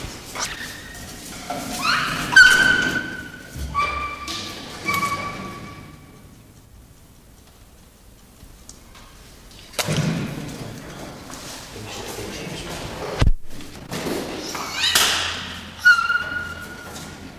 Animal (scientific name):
Pan paniscus